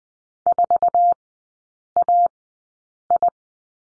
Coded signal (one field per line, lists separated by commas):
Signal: Morse code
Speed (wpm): 20 wpm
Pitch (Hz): 700 Hz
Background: none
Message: 4AI